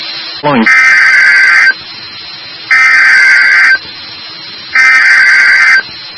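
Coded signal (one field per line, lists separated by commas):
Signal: Emergency Alert System (SAME) tones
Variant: header bursts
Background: speech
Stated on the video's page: Severe thunderstorm and flash flood alerts received on weather radio stations WXK35, WXK36 and KWN34.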